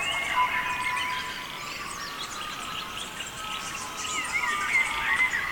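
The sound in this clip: Bird song from several birds at once, with rapid chirps and warbled phrases running over each other without pause.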